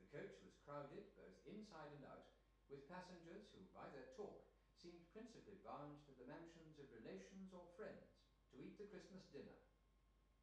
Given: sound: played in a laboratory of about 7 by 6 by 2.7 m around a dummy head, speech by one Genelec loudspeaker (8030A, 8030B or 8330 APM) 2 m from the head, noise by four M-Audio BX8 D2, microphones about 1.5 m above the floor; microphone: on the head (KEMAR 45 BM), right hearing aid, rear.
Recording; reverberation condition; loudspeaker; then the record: male speech in English; medium; 90 degrees to the left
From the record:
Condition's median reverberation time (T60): about 510 ms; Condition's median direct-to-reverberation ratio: about -0.5 dB